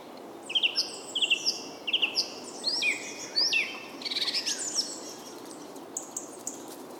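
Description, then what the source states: Bird song: a lively sequence of sharp, descending whistled notes in quick groups, with a trilled flourish midway and fainter high notes at the end, over background hiss. Soundscape.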